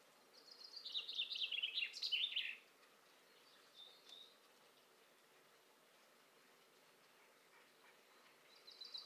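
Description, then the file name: Common chaffinch singing one lively descending trill of rapid notes that ends in a terminal flourish, followed by a faint short note and the start of another phrase. "Fringilla coelebs"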